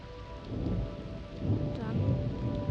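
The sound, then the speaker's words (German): Steady heavy rain hisses throughout while low, rolling thunder rumbles beneath it, swelling louder partway through and lingering to the end. “Der Blitz schlägt nie zweimal am gleichen Ort ein.”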